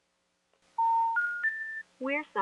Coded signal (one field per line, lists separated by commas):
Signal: telephone call progress tone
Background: speech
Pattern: special information tone